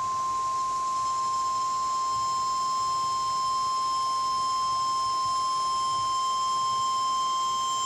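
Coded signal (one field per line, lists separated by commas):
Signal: Emergency Alert System (SAME) tones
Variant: 1050 Hz attention tone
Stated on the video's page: SVA expansion message relayed on NOAA weather radio from the forecast office.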